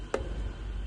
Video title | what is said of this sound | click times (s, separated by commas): Cf Moto 650 MT Ekran Sesi/Zırıltısı çözümü | sesini duyduktan sonra bu plastikleri | 0.1 s